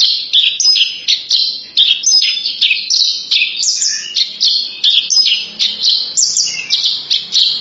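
Horsfield's bush lark song, a dense nonstop high-pitched chatter of short varied notes with occasional thin whistles.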